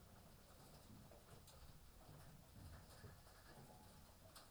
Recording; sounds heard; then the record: poultry house recording; healthy chickens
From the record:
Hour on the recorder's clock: 18